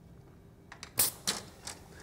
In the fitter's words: again you'll hear it click when it's when it's connected and you're good to go you'll